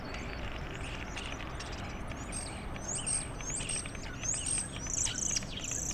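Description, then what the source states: Common starling song, high whistles and clicks growing louder toward the end, over low background noise. Starlings outside a window in rural Goworów, Poland, mimicking various other species; rural birds imitate other birds, not car alarms; recorded with Zoom F4 and AT BP4025.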